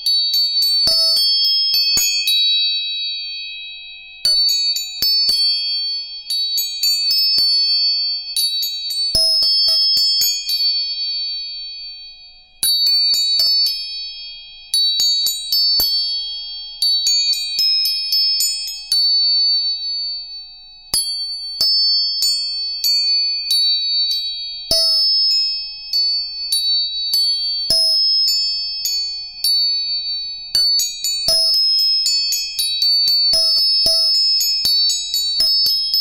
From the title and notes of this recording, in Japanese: 音叉チューニング全体性。